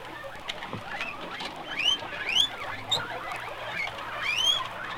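Guinea pigs squeaking: several loud rising whistled squeaks over a busy background of softer overlapping chirps and rustling patter.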